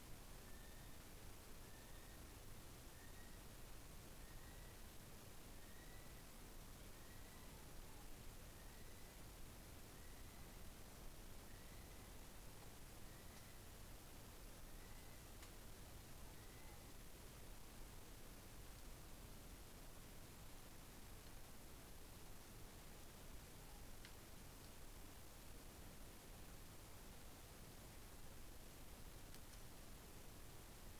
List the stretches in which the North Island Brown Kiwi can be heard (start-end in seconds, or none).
0.00-17.03